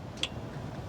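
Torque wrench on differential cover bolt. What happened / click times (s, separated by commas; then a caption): The torque wrench clicked at its set torque / 0.2 s. A torque wrench tightening a differential cover bolt on a Jeep Gladiator's Dana 60 axle, during a leak fix, gives one short, sharp click at 0.2 s above a low, steady background rumble. The click shows the wrench has reached its torque setting.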